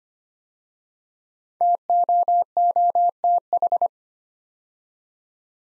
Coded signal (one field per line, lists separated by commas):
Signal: Morse code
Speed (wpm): 25 wpm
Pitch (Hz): 700 Hz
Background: none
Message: TOOTH